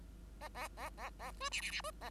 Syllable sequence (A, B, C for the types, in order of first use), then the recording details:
A A A A A B C C C B A. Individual Bird5